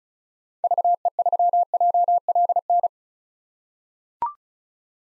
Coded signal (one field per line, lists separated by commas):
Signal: Morse code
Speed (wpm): 36 wpm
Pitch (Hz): 700 Hz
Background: none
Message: VE3JLN